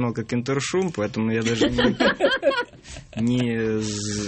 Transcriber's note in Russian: все смеются